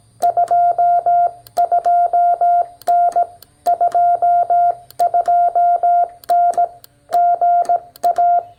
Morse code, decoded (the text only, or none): 22N 22N GA